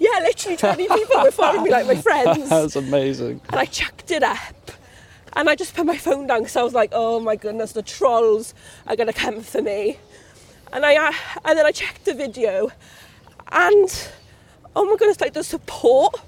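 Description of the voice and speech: An adult woman with a stammer she calls a speech impediment tells a lively story, with stretched sounds, restarts and silent blocks typical of stuttering.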